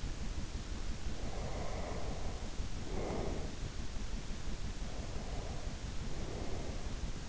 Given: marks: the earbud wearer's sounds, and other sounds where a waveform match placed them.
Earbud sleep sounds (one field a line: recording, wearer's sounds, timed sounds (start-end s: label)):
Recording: sounds in sleep by an in-ear microphone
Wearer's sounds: breath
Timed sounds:
1.22-3.82 s: breath
4.63-7.29 s: breath